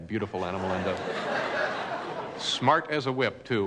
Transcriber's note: laughter